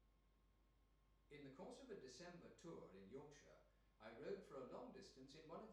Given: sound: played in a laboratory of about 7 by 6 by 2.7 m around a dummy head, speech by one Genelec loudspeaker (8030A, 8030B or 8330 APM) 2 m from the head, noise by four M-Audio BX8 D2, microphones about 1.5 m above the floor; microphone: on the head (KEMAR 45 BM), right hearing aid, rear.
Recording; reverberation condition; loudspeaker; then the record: male speech in English; medium; 120 degrees to the left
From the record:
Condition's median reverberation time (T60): about 510 ms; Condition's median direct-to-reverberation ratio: about -0.5 dB